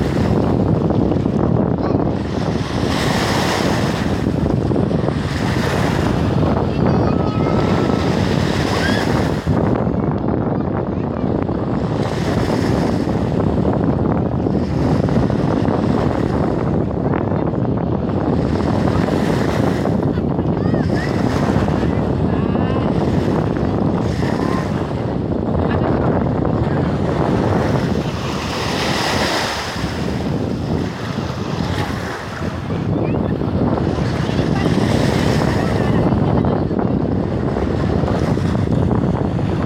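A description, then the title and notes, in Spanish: A windy day at the beach, with waves and gusting air filling the whole clip in a dense, steady roar. Surges of surf swell and fade every few seconds, and wind buffets the microphone throughout, leaving no quiet moments. Un dia de playa ( aire y olas ).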